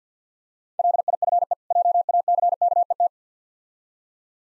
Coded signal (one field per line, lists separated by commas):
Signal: Morse code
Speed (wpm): 51 wpm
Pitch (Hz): 700 Hz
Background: none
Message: LIFE JACKET